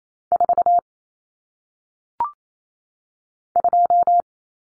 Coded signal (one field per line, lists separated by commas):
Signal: Morse code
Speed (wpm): 28 wpm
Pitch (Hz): 700 Hz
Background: none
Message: 4 2